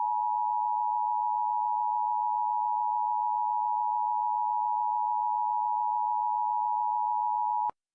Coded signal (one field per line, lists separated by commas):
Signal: Emergency Alert System (SAME) tones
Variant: 853 and 960 Hz attention tone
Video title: Siren Head: An EAS Scenario